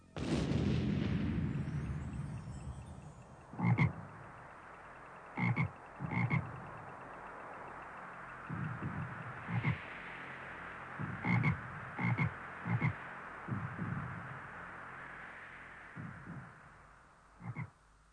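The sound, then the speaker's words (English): A swelling whoosh fades out, then a frog croaks again and again, about a dozen deep, rasping croaks in uneven bursts and pairs, with no voices. “Wing of fly and leg of dog, turn this woman into a frog.”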